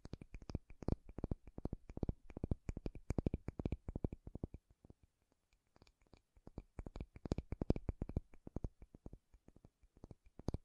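Makeup tapping and scratching: quick, dense bursts of crisp taps in rapid irregular runs, each tap sharp with a dull low thump beneath. The tapping pauses briefly around five to six seconds, then resumes just as busily until the end.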